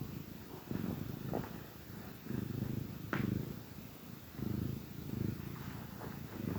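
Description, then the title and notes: Cat purring softly, a quiet low rumble in breath-length swells with short quiet gaps. Gentle purrs of a contented cat. "Cat Cafe Purr-Finale. the gentle purrs of a contented cat"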